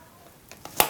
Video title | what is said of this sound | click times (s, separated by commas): The New 2021 Wandrd Prvke!!! - FULL REVIEW - 2 Months Later!!! | push it in and it snaps into place and to take it out you just grab this pull tab and you just grab it | 0.8 s